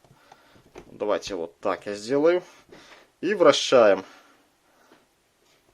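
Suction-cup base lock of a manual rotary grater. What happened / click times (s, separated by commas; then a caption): Handled, not yet home: no locking click yet / none. A manual rotary grater is set on a table and its body is rotated so the suction-cup base locks, with the plastic mechanism meant to click into position. Someone talks throughout, with faint brief handling sounds near the start. Nothing has seated or clicked yet by the end of the clip.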